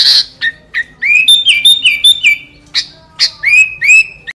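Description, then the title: Sooty-headed bulbul singing clear whistled notes, several rising or sliding slightly, with short sharp chips between phrases. "Kutilang"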